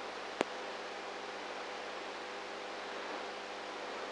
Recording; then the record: brain microelectrode recording played as sound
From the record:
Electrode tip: inside the subthalamic nucleus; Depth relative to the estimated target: -4 mm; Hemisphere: right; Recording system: NeuroSet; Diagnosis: Parkinson's disease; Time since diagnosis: 19 years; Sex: female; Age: 58 years